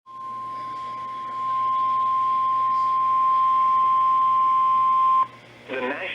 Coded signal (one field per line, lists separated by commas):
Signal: Emergency Alert System (SAME) tones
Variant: 1050 Hz attention tone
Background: speech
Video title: (EAS #203) Severe Thunderstorm Warning (KEC55)